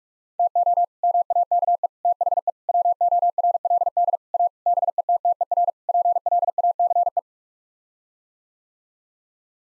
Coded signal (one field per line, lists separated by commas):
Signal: Morse code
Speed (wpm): 46 wpm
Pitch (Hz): 700 Hz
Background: none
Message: TO MAKE THE WORLD A BETTER PLACE